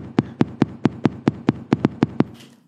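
Eleven sharp taps in about two seconds, evenly spaced with one slightly early beat, a very fast steady beat tapped by hand. It imitates an adult's normal sinus rhythm sped up even further, as after drinking espresso: still quite regular, unlike atrial fibrillation.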